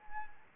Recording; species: mosquito wingbeat signal from an infrared sensor; Anopheles arabiensis